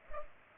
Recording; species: mosquito wingbeat signal from an infrared sensor; Culex pipiens